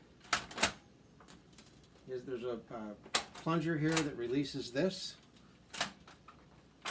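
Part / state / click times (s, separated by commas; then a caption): ball handling mechanism piece into pachinko machine frame / not seated / none. A ball handling mechanism piece on a Nishijin Model A pachinko machine is handled near the frame after its release plunger is used, while someone talks. Sharp knocks and clicks sound around 0.3 and 0.6 seconds, with softer taps after. The part has not snapped into place yet; nothing has seated.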